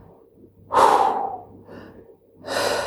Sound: sighs

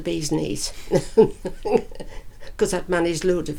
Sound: laughs

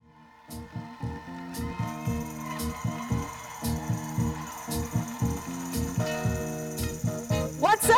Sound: audience cheers and claps fade in, fade out

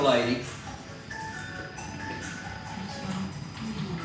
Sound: bells ringing

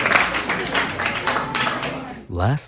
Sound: nat sound: audience applauding and cheering

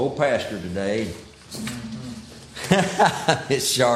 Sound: laughs

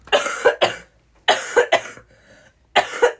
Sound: nat sound of me coughing

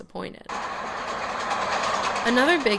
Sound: train approaching nat sound

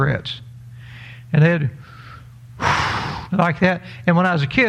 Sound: blows out cigarette

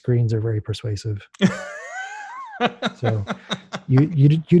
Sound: laughs

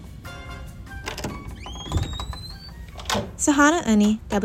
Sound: natural sound: wildcard unlocking the door

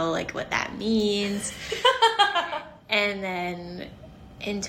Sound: laughs

